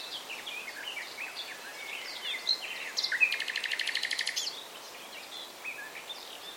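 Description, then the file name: Common nightingale song, a quick series of repeated throbbing notes that stops abruptly, among quieter chirps. "Luscinia megarhynchos"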